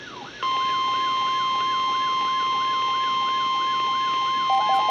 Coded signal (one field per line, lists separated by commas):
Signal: Emergency Alert System (SAME) tones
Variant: 1050 Hz attention tone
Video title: EAS #732-734 - Required Weekly Tests